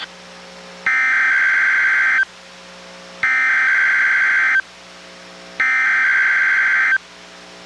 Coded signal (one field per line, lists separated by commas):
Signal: Emergency Alert System (SAME) tones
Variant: header bursts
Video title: EAS #745: NWR Required Weekly Test- Feb. 22, 2023- 11:04AM PST